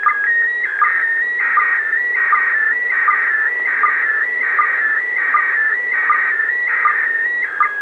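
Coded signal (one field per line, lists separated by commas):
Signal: SSTV (slow-scan television)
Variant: PD 180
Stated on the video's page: SSTV from the International Space Station received in southern England, PD180 mode, picked up acoustically from the radio's loudspeaker by a laptop microphone.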